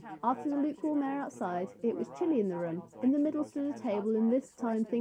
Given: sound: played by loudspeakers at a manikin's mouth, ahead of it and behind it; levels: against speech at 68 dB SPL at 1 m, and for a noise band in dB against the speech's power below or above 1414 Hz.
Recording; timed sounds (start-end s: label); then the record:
test signals for a remote microphone
0.00-5.01 s: woman speaking, babble ahead at +6 dB SNR for speech at 1 m
From the record:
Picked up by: measurement microphone